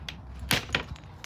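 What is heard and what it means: A press-to-release latch on a second boat cabin door is pressed down at the bottom, not the top, to release it. Two clear, sharp clicks are heard at 0.5 s and 0.8 s, with fainter ticks around 0.1 s, 1.0 s and 1.2 s. The latch releases.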